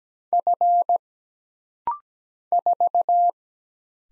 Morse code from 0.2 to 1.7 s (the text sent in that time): F